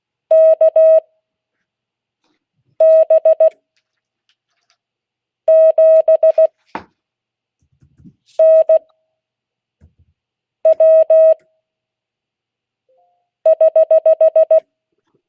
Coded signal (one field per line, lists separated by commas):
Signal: Morse code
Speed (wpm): 16 wpm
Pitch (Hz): 640 Hz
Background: none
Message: K B 7 N W <HH>